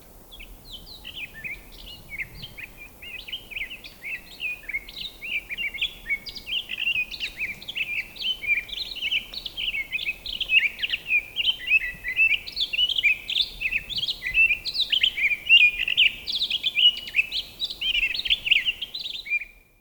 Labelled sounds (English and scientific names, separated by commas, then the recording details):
Townsend's Solitaire (Myadestes townsendi) song
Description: Townsend's Solitaire song recorded on the Black Canyon Trail in Rocky Mountain National Park
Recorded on 26 May 2016